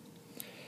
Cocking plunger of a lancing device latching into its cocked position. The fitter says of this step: so again you pull back until it clicks